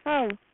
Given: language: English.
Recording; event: throat vibration sensor signal played as sound; speech